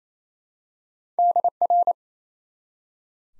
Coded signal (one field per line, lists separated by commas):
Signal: Morse code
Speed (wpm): 28 wpm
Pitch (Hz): 700 Hz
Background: none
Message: DR